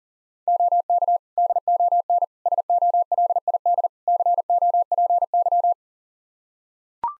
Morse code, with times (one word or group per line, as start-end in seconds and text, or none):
0.5-1.2 OK
1.4-2.2 DON
2.5-3.9 SOLID
4.1-5.7 COPY